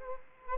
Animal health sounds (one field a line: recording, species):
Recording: mosquito wingbeat signal from an infrared sensor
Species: Culex quinquefasciatus